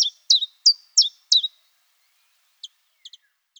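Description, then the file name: Common chiffchaff song: five quick high notes, each sliding downward, then a pause and a few faint, soft notes. "phylloscopus collybita"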